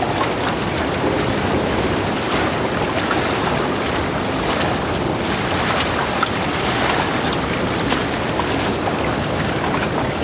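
Sailing on a lake in rough weather: a dense, steady rush of water and wind fills the whole clip without pause. Faint scattered ticks and splashes, perhaps rain or spray on the boat, flicker through the wash, while a low rumble sits underneath.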